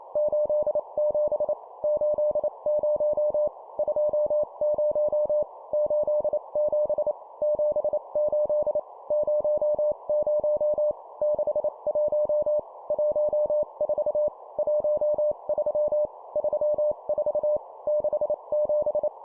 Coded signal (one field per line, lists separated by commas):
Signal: Morse code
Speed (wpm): 28 wpm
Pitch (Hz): 600 Hz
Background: none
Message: 87 80 20 87 78 00 61 14 13 34 67